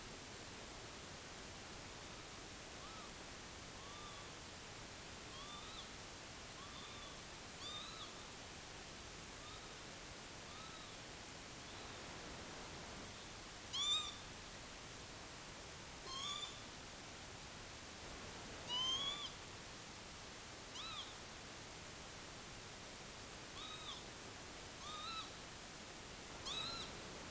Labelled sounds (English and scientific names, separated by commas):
Northern Lapwing (Vanellus vanellus)